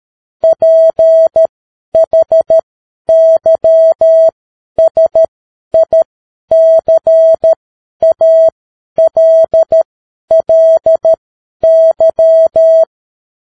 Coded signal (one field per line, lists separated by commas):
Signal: Morse code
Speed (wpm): 13 wpm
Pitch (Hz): 650 Hz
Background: none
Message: PHYSICALLY